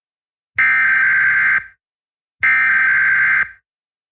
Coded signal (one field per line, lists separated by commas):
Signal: Emergency Alert System (SAME) tones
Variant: header bursts